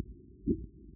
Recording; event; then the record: neck accelerometer signal played as sound; voluntary cough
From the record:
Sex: female